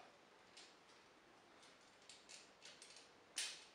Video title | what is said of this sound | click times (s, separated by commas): Bandai SMP GaoKing (Wild Force Megazord) Toy Review | once that's locked into place slot for wings into the lines main to finish the | 3.4 s